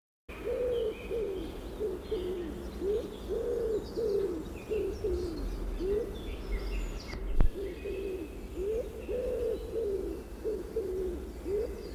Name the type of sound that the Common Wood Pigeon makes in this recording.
call